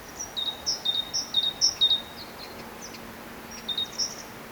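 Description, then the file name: Great tit singing a quick series of high-low two-note phrases, pausing, then starting again with two more motifs. "Parus major"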